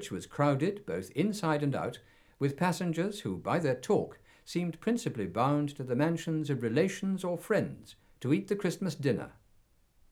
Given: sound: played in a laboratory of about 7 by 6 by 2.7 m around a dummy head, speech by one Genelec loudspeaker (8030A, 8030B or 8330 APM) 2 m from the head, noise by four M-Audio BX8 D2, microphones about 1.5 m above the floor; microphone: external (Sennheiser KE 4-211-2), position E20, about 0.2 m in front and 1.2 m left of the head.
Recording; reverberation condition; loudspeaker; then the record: male speech in English; low; 60 degrees to the left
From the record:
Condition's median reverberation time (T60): about 310 ms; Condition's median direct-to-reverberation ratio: about 3.5 dB